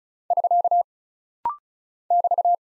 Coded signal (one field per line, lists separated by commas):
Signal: Morse code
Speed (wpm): 36 wpm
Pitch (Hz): 700 Hz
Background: none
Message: <SK> <BT>